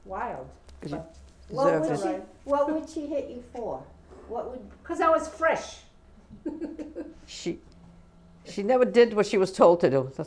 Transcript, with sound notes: What would she hit you for? What would...
Because I was fresh. ( she laughs )
She never did what she was told to do.